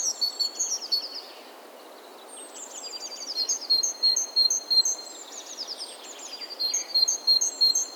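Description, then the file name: Great tit calling: high, thin notes with quick downward sweeps, a short burst, a quiet gap, and then a longer run of rapidly repeated chips, over faint background hiss. "Parus major"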